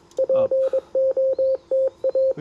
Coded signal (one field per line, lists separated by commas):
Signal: Morse code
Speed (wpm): 23 wpm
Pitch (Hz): 530 Hz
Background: radio noise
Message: POTA